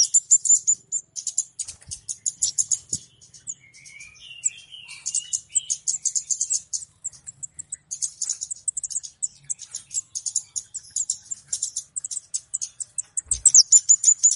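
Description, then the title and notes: Flowerpecker chirping: continuous rapid high ticks, with a short lower warbled phrase a few seconds in. Local names kemade and cabe cabean; clear recording used as a lure for catching birds (pikat). "Kicau Burung Kemade ( Cabe Cabean) Jernih. Suara Burung Cabe Cabean Pikat"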